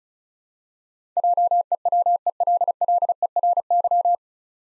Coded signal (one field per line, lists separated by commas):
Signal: Morse code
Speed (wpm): 36 wpm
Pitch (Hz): 700 Hz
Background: none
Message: JEWELLERY